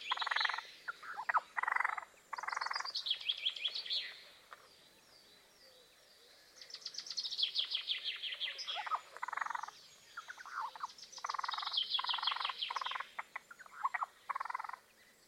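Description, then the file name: Eurasian jay harsh rasping calls in short bursts, mixed with descending buzzy chattering series and softer notes. "Garrulus glandarius"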